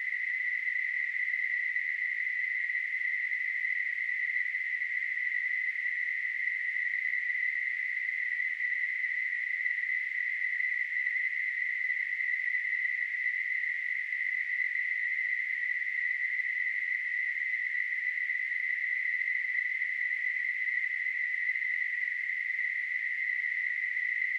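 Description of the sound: A steady, continuous, high-pitched hissing tone centered near 2 kHz, unchanging throughout, simulating tinnitus.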